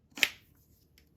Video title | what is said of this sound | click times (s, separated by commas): Another Custom Saber Commission! | has a really um satisfying twist and click sound which i like | 0.2 s